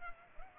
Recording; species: mosquito wingbeat signal from an infrared sensor; Culex pipiens